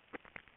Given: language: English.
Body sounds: throat vibration sensor signal played as sound; swallow

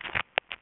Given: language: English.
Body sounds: throat vibration sensor signal played as sound; swallow

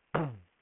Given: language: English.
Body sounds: throat vibration sensor signal played as sound; throat clearing

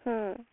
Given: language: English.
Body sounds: throat vibration sensor signal played as sound; speech

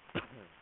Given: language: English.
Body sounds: throat vibration sensor signal played as sound; cough

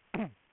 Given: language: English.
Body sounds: throat vibration sensor signal played as sound; throat clearing

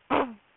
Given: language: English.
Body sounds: throat vibration sensor signal played as sound; throat clearing

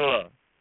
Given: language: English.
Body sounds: throat vibration sensor signal played as sound; speech

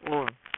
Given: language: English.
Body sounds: throat vibration sensor signal played as sound; speech

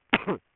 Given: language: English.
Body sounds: throat vibration sensor signal played as sound; cough

